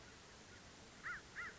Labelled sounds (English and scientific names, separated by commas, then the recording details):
American Crow (Corvus brachyrhynchos)
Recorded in Sonoma County, California